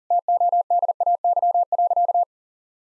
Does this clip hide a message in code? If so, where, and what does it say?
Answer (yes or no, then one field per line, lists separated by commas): yes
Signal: Morse code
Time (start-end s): 0.1-2.2 s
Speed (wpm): 40 wpm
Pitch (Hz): 700 Hz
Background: none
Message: TODAY.